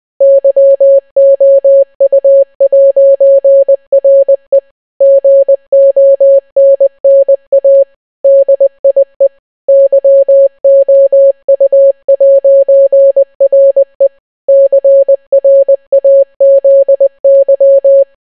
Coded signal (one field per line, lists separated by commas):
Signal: Morse code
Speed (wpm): 20 wpm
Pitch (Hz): 550 Hz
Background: none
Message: YOU'RE GONNA DIE YOU'RE CRAZY